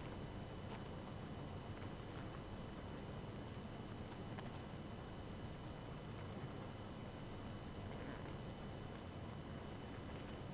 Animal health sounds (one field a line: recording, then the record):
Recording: honeybee colony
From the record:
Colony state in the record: active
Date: 12 June 2018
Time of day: 2:09